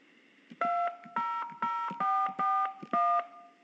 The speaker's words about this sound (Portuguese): Digite a senha do meu HSBC telefone.